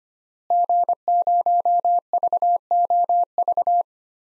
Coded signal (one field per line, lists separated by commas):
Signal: Morse code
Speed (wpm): 25 wpm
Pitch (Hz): 700 Hz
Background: none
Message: G0VOV